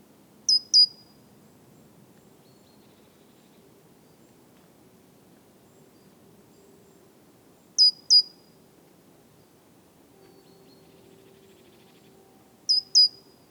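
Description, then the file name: Great tit calls: three pairs of short, very high notes sliding downward, spaced several seconds apart over a faint low background hum. "Parus major"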